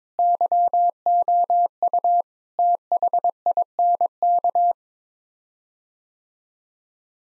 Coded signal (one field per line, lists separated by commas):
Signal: Morse code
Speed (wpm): 22 wpm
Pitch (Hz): 700 Hz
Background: none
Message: YOU THINK